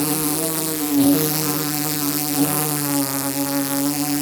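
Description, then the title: Bumblebee buzzing, an unbroken steady hum with bright harmonic bands and a couple of soft bumps. Bumblebee trapped inside a metal pole, struggling to get out; Paraje Huerta de Arriba, Blanca, Murcia, Spain; recorded with a Zoom H2. "Paraje Huerta de Arriba, 127, Blanca, Murcia, España - abejorro metálico"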